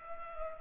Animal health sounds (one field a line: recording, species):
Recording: mosquito wingbeat signal from an infrared sensor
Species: Culex pipiens